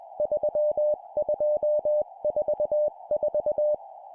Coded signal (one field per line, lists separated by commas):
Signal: Morse code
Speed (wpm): 21 wpm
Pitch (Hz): 600 Hz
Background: music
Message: 3244